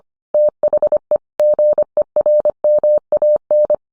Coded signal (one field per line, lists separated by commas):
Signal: Morse code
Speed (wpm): 25 wpm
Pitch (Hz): 600 Hz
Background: none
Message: THE GERMAN